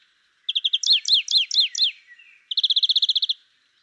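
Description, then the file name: Greenfinch giving a short chip trill and a run of five swooping downslurred notes, followed after a brief gap by a rapid, evenly spaced trill. "Chloris chloris"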